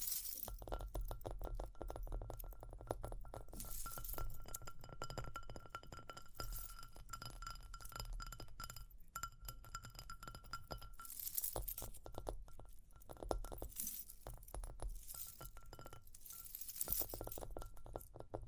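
Dense, continuous tapping and scratching with bright, glassy jingling and clinking throughout, swelling into louder crackly bursts around 1, 11 and 16 seconds.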